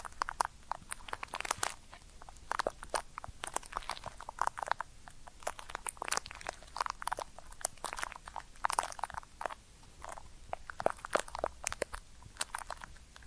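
Ear cleaning sounds: a dense, irregular stream of sharp crackles, clicks and soft crunches that continues through the whole clip. The taps come quickly and unevenly, bright and crisp, with brief rubbing sounds between them and no steady rhythm.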